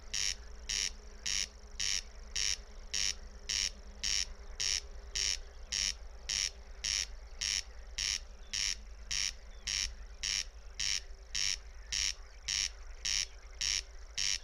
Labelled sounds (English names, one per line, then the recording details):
Corn Crake song
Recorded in the wild
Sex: male
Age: adult
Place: Schwedt/Oder, Nationalpark Unteres Odertal, Brandenburg, DE
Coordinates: 50.0397, 14.2977
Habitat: meadow
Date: 2020-06-04 02:30
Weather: 8°C, 90% humidity, almost windless
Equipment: TASCAM DR680, Microtech Gefell MK 250/MV220
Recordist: Frommolt, Karl-Heinz